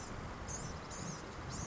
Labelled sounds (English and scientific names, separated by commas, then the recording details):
Blue-gray Gnatcatcher (Polioptila caerulea)
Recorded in Sonoma County, California